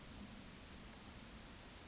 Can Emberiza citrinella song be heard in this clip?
no